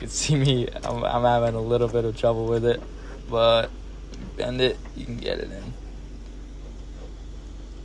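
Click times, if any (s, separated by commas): none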